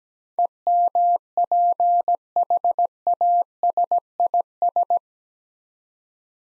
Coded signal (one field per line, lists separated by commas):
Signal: Morse code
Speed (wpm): 17 wpm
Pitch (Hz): 700 Hz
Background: none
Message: EMPHASIS